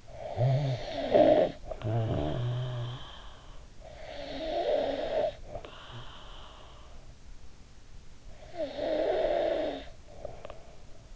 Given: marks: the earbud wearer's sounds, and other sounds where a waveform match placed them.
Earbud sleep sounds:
sounds in sleep by an in-ear microphone; snoring breath
0.00-3.51 s: snoring breath
3.73-7.62 s: snoring breath
8.28-11.16 s: snoring breath

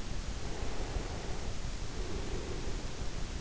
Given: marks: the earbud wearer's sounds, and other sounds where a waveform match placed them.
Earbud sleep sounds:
sounds in sleep by an in-ear microphone; breath
0.51-3.08 s: breath

